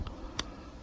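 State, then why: Seated. A rubber spark plug cap (boot) is pushed back onto the spark plug terminal of an outboard motor on a Stratos bass boat while its plugs are being changed. A faint tick at 0.1 s comes before a sharper, brighter snap at 0.4 s, which tells that the boot is seated on the plug. No one talks.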